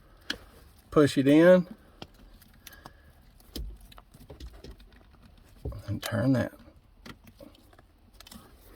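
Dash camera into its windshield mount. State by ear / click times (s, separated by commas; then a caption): seated / 8.2 s. A Samsara fleet dash camera is pushed onto its windshield mount in a 2023 Peterbilt 579 and turned until it locks, while someone talks. A few small clicks come near the end, at about 8.2 s, and the camera is locked in place.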